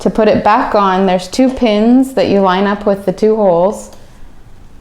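A metal wheelchair leg rest is being put back onto its mount on the wheelchair frame by lining up its two pins with the two holes, while someone talks throughout. Nothing has seated or clicked yet; the leg rest has not locked into place by the end of the clip.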